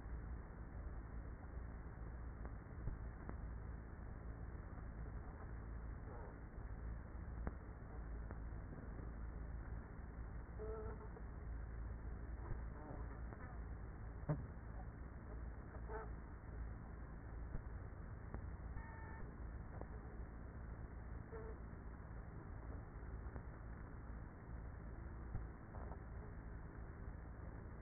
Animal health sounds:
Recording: honeybee colony, microphone inside the hive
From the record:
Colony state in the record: queenless with a low population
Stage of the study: after two queens were removed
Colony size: about 30,000 bees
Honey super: no

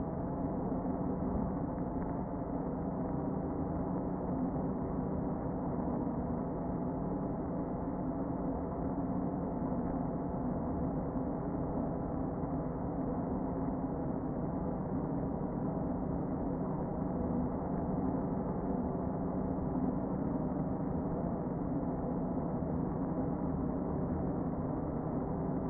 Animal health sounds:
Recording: honeybee colony, microphone inside the hive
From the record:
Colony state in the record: queen present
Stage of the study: before two queens were removed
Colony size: about 60,000 bees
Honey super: yes

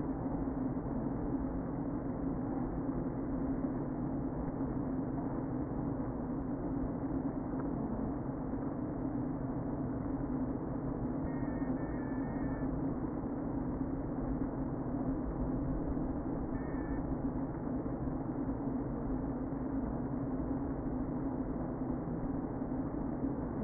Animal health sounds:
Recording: honeybee colony, microphone inside the hive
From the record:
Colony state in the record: queen present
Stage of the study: before two queens were removed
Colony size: about 60,000 bees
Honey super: yes

